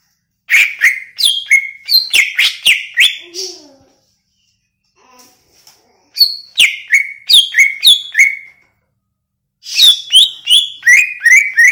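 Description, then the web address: Greater green leafbird song in three energetic bursts of rapid, sharp, down-slurred whistles, each burst lasting a few seconds and separated by short quiet gaps. Recorded in Banyuwangi; song described as gacor (vigorous, continuous singing). "cucak ijo banyuwangi"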